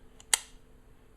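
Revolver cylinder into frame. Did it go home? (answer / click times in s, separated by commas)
yes / 0.3 s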